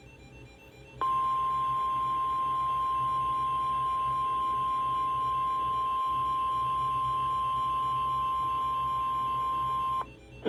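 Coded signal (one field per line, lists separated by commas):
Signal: Emergency Alert System (SAME) tones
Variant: 1050 Hz attention tone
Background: music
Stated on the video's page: Tornado watch broadcast on NOAA weather radio station KIH38.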